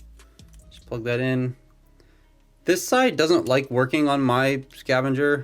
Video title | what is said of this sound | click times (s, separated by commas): Some Of The BEST Transformers Are The Cheapest - #transformers Blokees Galaxy Defender Wave 2 | then you take the arms and you just plug them into the bottom here and they will click into place | 0.4 s